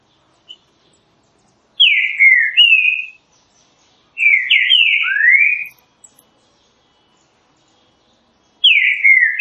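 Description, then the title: Green-winged saltator song of clear whistled phrases, each a quick burst of slurred and falling notes, coming a few seconds apart with quiet gaps between. Classic song style used for training. "Canto Clássico Trinca Ferro TREINAMENTO"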